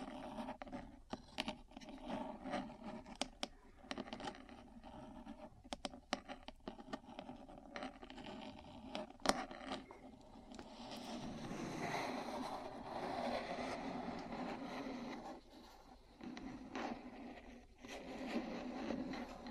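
Metal parts tap and scratch in an irregular run of sharp clicks and knocks, busiest in the first ten seconds with a loud strike near nine seconds. Afterward a denser, steady scraping rustle takes over, with a low hum running underneath throughout.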